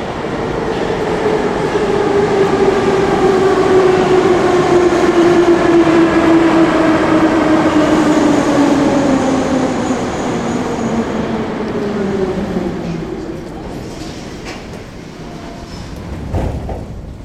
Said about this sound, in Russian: Ой, поезд идет!